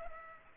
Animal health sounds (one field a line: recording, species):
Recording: mosquito wingbeat signal from an infrared sensor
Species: Culex pipiens